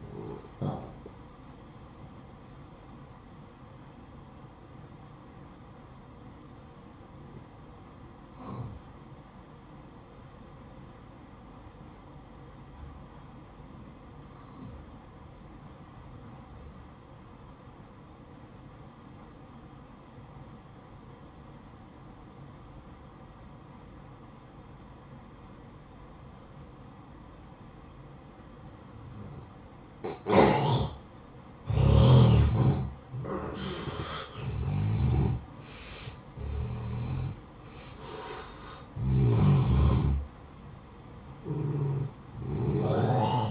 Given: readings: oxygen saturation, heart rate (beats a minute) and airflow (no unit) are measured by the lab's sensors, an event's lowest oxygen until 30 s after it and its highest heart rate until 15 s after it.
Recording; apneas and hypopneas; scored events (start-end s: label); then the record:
breathing in sleep by a smartphone at the bedside; 1
2.00-43.51 s: new sleep stage, N1 (lightest sleep)
3.00-31.30 s: hypopnea (N1, oxygen 93% highest, then 86% lowest, heart rate 63 at the start, 70 highest)
From the record:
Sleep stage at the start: N2 (light sleep); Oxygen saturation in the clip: 87 to 93%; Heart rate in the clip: 54 to 70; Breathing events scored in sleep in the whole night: 573 in 9.8 hours asleep